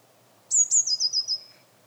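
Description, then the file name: Eurasian blue tit: two very high, thin introductory notes, then a quick, descending, slightly lower trill fading out, all within about one second. "Cyanistes caeruleus"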